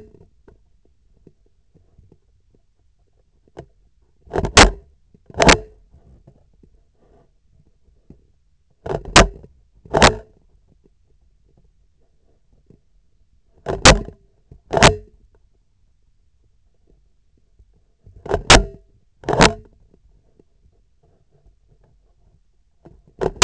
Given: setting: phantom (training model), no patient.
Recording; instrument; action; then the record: laparoscopic instrument, vibration sensor on the handle end; scissors; opening and closing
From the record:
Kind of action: tool actuation without material contact